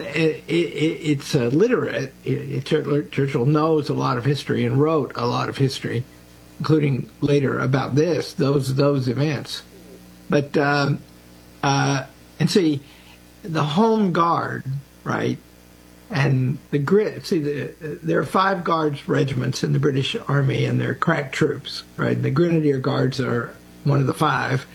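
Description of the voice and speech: A man lectures fluently on Churchill and the Guards regiments of the British Army; ordinary clear speech with natural pauses.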